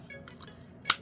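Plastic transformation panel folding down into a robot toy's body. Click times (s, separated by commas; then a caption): 0.9 s. A plastic transformation panel on a Transformers AOTP Combaticon Onslaught robot action figure is pushed down into the toy's body until it clicks into place. After a few faint plastic ticks, a single sharp, loud snap at 0.9 s shows the panel has seated, which keeps the part from getting stuck as it did earlier when it wasn't pushed all the way.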